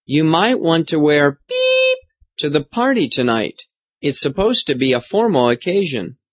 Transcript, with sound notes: You might want to wear ____________ *BEEP* to the party tonight. It's supposed to be a formal occasion.